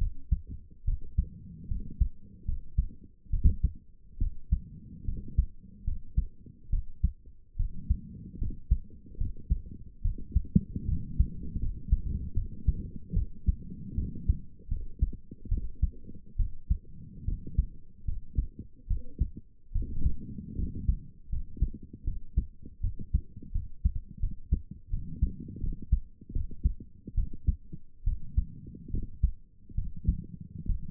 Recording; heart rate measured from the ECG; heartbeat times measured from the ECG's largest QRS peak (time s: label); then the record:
heart sounds by stethoscope; 74 bpm
0.84 s: heartbeat
1.68 s: heartbeat
2.45 s: heartbeat
3.30 s: heartbeat
4.18 s: heartbeat
5.05 s: heartbeat
5.84 s: heartbeat
6.69 s: heartbeat
7.56 s: heartbeat
8.38 s: heartbeat
9.17 s: heartbeat
10.01 s: heartbeat
10.85 s: heartbeat
11.59 s: heartbeat
12.34 s: heartbeat
13.13 s: heartbeat
13.95 s: heartbeat
14.68 s: heartbeat
15.48 s: heartbeat
16.36 s: heartbeat
17.25 s: heartbeat
18.05 s: heartbeat
18.87 s: heartbeat
19.72 s: heartbeat
20.55 s: heartbeat
21.29 s: heartbeat
22.04 s: heartbeat
22.80 s: heartbeat
23.52 s: heartbeat
24.19 s: heartbeat
24.90 s: heartbeat
25.60 s: heartbeat
26.32 s: heartbeat
27.14 s: heartbeat
28.04 s: heartbeat
28.90 s: heartbeat
29.75 s: heartbeat
30.66 s: heartbeat
From the record:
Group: healthy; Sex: female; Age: 22 years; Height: 154 cm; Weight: 58.7 kg